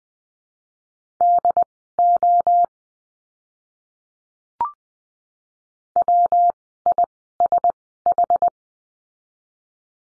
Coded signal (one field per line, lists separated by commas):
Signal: Morse code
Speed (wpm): 20 wpm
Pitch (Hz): 700 Hz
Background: none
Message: DO WISH